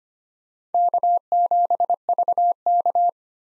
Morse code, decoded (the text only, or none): K7VK